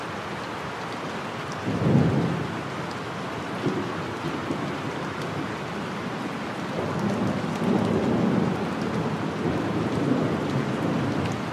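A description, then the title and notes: Steady rain patters outside a window, a dense, even hiss with fine drops ticking across the high range. Low thunder rolls, a soft swell near two seconds and a longer, muffled rumble from about seven to eleven seconds. Tranquil Rain. A peaceful thunderstorm just outside the window. Late afternoon. The high-frequency sprinkle of rainfall combines with the low rumbling of thunder.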